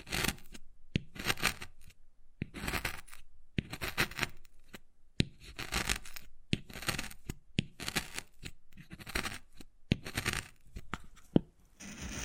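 Wood carving sounds, with bursts of scratching and scraping that stop and start in short strokes of about half a second to a second. Sharp taps and clicks land between strokes every second or so, and one louder tap stands out near the end.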